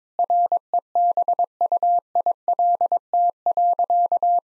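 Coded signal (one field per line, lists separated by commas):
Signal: Morse code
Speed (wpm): 21 wpm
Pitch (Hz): 700 Hz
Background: none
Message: REBUILT.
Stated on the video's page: Morse practice at 22 wpm: sentences of common five-word phrases, sent, spoken, then sent again, for head-copy training.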